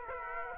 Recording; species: mosquito wingbeat signal from an infrared sensor; Aedes aegypti